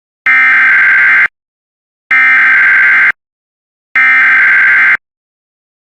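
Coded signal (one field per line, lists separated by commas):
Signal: Emergency Alert System (SAME) tones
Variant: header bursts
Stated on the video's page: Tornado Watch alert.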